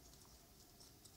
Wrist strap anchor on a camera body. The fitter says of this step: là vous avez la Dragon hop en déclipse la Dragon reste enembrasté à la main